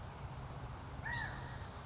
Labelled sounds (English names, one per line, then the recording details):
California Quail
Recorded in Sonoma County, California